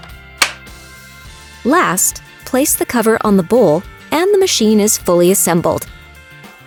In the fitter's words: Slide the drip tray into the base unit until you hear a click.